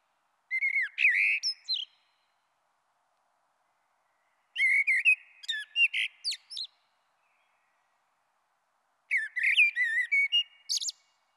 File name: Merle Noir